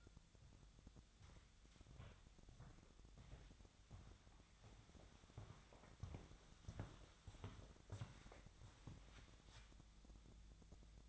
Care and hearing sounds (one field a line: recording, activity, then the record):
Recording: daily activity, microphone in the room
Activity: walk to room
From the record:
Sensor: 3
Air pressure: 999.9 hPa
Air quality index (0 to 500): 120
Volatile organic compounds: 2 ppm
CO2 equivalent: 1083 ppm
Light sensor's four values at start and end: 35/85/37/41 and 33/81/35/38